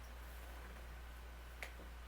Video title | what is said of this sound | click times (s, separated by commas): Ian Versus Daddybones: Episode 25 - Loyal Subjects BST AXN Shredder & Foot Soldier | there we go his hands just pop off because | 1.6 s